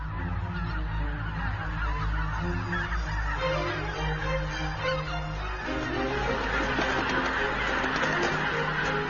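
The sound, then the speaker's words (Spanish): A flock of geese in the Biepsa valley, after about two weeks of intense feeding there, honks continuously, many overlapping nasal calls forming a loud, dense chorus over a low, steady rumble, with no voices. “Después de unas 2 semanas de intensa alimentación, los gansos abandonan el valle del Biepsa.”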